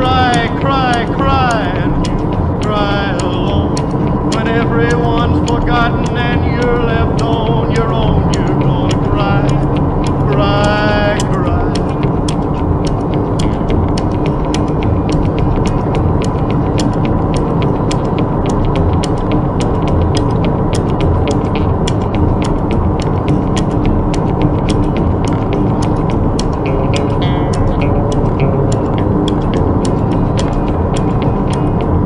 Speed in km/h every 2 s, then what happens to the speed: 63, 66, 66, 66, 70, 73, 71, 71, 72, 74, 76, 75, 74, 74, 75, 76.
0-10 speeds up to 73. 10-32 steady at about 74.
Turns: none.